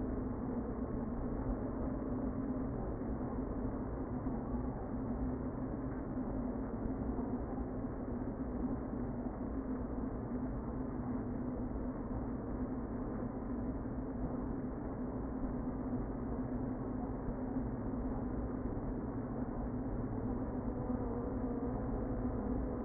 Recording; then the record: honeybee colony, microphone inside the hive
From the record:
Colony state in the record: queen present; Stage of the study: before two queens were removed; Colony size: about 60,000 bees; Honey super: yes